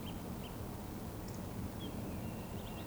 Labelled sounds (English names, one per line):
Eurasian Woodcock whistle